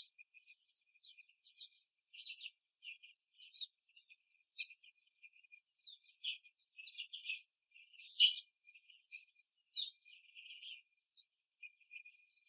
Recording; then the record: young laying hens in a cage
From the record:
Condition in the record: before the stressor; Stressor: simulated dog barking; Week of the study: 3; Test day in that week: 1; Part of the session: 1